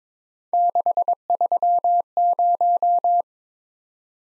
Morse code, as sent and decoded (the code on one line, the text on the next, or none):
-.... ...-- -----
630